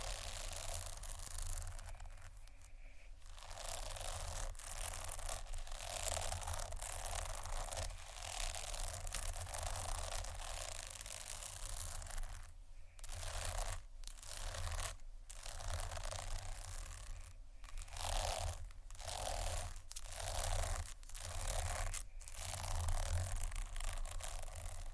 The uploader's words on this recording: ASMR Fast Tapping & Scratching （No Talking）.